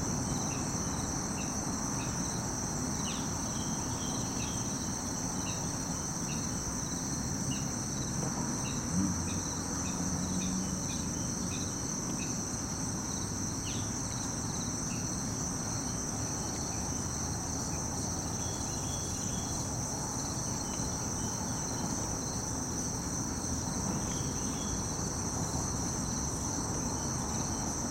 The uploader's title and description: Late Summer in the city park. Crickets and cicadas sing all day, birds chirp and the world goes rushing by